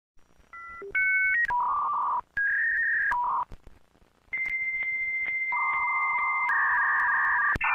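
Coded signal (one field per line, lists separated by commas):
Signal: dial-up modem handshake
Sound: dialing beeps, a steady high answer tone, warbling two-tone chatter, then a burst of hiss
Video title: Internet Dial Up Sound Effect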